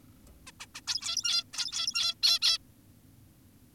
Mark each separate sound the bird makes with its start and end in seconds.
0.47-0.52, 0.60-0.66, 0.75-0.81, 0.88-1.44, 1.54-2.14, 2.23-2.39, 2.42-2.58